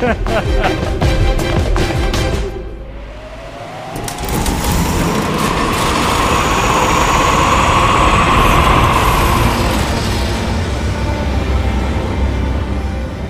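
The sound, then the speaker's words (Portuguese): The heavy engines of a large cargo ship roar in a dense, continuous rumble, raising desert dust. The noise dips briefly, then surges back as a rising whine swells over the low drone. “Vocês caminham pela poeira do deserto, levantada pelos motores do grande cargueiro que Shimira preparou, com todos os robôs.”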